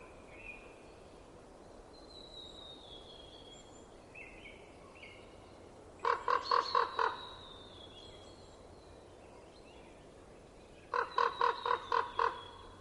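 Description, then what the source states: Common raven giving two tight bursts of about five rapid, hoarse croaks several seconds apart, with high thin whistles from small birds between them. Recorded in winter in Estonia.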